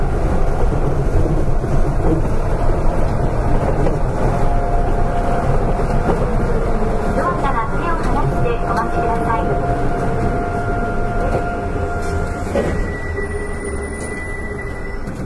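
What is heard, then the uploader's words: An Astram Line 6000 train runs with a steady low rumble, thin whining tones rising and shifting midway, and faint voices underneath. アストラムライン 6000系 広域公園前から本通まで. It is the running sound of the Astram Line 6000 train in Hiroshima City. The section is from Koiki-koen-mae to Hondori.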